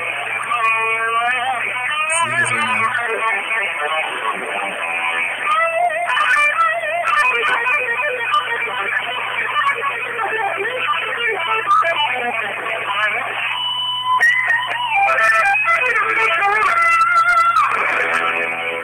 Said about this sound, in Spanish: Acá dice que toque algo por teléfono. Estás con la viola en la mano, dale. ¿Querés que toque algo? Dale, a ver. Bueno, a ver si suena ahí.